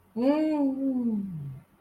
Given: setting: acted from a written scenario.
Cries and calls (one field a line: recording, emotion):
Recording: vocal sound without words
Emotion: ecstasy